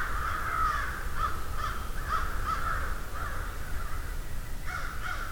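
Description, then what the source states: Crows giving hoarse caws in an overlapping flock chorus, some separate calls standing out at irregular intervals over a low rumble. Field recording of a murder (flock) of crows.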